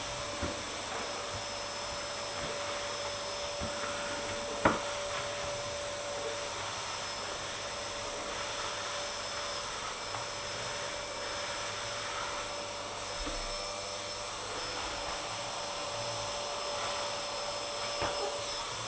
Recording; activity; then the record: daily activity, microphone in the room; vacuum cleaning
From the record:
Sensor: 5